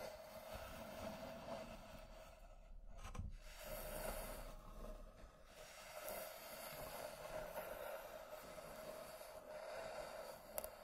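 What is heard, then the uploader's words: A wooden box is slowly scratched and traced, giving a steady, dense rasping rumble with a low hum underneath. The stroke briefly breaks off around three seconds and again near five, and a sharp tick lands near the end. Wooden Box Slow Scratching and Tracing (NO TALKING).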